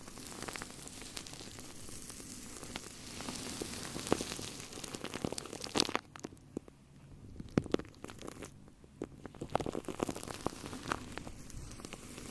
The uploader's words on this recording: Shaving Cream on Mic. Brainmassage mit Schaum.